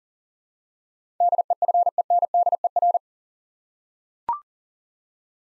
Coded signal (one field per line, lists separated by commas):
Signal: Morse code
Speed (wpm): 40 wpm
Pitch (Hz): 700 Hz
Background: none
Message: DEFENDER